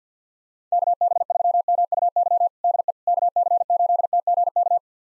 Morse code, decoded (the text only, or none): KB3MUY DE KC8TGK